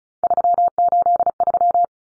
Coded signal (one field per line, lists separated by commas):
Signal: Morse code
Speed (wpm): 34 wpm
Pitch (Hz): 700 Hz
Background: none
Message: 383